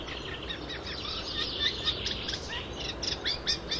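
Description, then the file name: Eurasian reed warbler song, a steady run of scratchy, chattering notes repeated in quick uneven groups, over a constant low background hum. Recorded at Lyngs. "Roersanger Lyngs"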